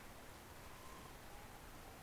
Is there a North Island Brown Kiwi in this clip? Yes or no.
no